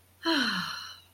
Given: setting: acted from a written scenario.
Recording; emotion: vocal sound without words; contentment